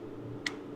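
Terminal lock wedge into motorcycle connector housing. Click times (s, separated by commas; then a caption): 0.5 s. A plastic terminal-position lock wedge is pushed down into a motorcycle connector housing once all the terminals are in, locking the terminals in place. A single sharp snap sounds at 0.5 s over a steady low hum. The lock is seated.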